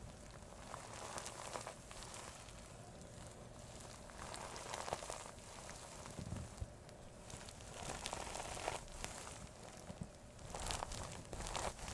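Tapping, scratching and brushing shift from ear to ear in a dense crackly stream, with sharper bright bursts near 5, 8 and 11 seconds.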